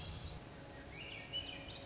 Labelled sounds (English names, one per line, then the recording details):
Swainson's Thrush
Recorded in Sonoma County, California